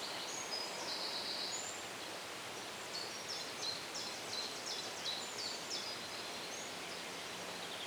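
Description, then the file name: Birds chirping: thin, high chirps and short twitters in scattered bursts through most, over a constant loud hiss. Birds chirping in the shade. "ASMR Bird Sounds - Birds Chirping in the Shade"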